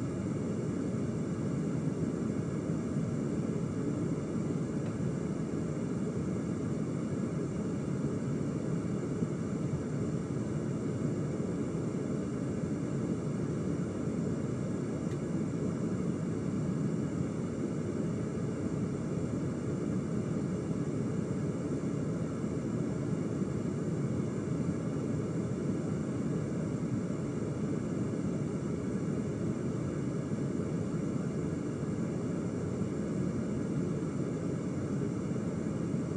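A steady, dense low rumble holds unchanged throughout, like a constant engine drone heard from inside a vehicle or aircraft, with faint hiss above.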